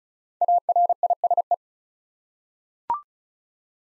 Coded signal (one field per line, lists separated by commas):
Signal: Morse code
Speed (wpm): 36 wpm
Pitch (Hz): 700 Hz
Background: none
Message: ARISE